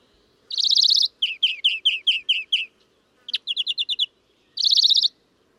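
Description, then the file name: European greenfinch with a buzzy trill, then a run of seven separate chirps, a sharp note and short trill, ending with another rapid buzzy trill. "Chloris chloris"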